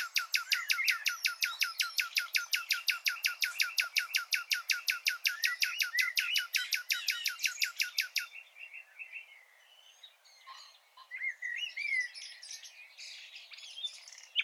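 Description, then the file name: Common nightingale song: a long fast run of many loud repeated notes, followed by softer varied chirps and trills. "Luscinia megarhynchos"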